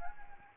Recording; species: mosquito wingbeat signal from an infrared sensor; Anopheles arabiensis